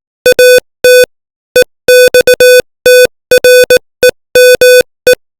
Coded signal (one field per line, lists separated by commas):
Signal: Morse code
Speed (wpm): 18 wpm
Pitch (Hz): 500 Hz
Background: music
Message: AT EXTREME